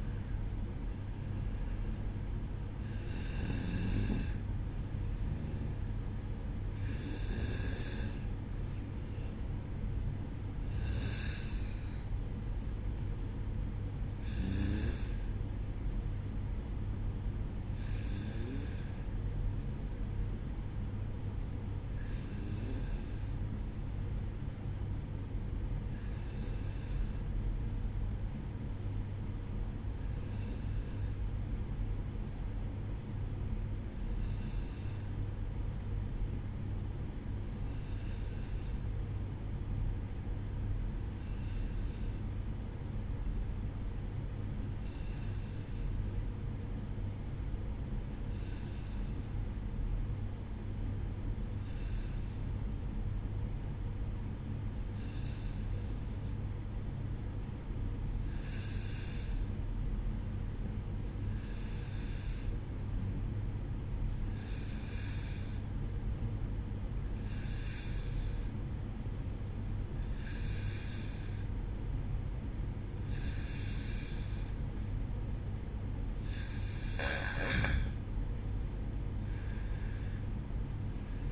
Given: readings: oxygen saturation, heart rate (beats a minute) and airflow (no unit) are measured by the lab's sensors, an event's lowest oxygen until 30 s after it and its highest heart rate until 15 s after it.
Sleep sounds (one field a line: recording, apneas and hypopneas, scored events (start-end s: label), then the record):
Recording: breathing in sleep by a smartphone at the bedside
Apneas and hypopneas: 1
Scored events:
17.00-77.00 s: new sleep stage, N2 (light sleep)
30.00-77.00 s: hypopnea (N2, oxygen 95% highest, then 91% lowest, heart rate 56 at the start, 64 highest)
77.00-81.32 s: new sleep stage, N1 (lightest sleep)
From the record:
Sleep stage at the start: N1 (lightest sleep)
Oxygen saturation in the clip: 90 to 95%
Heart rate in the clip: 56 to 63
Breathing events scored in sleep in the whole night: 305 in 9.6 hours asleep